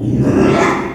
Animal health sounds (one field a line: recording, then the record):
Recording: squeal of a Yucatan mini pig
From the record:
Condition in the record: after surgery on the right vocal fold (resection and tissue-engineered implant)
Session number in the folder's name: 3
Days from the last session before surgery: 33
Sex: male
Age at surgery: 12 weeks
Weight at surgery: 13 kg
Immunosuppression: cyclosporine, prednisolone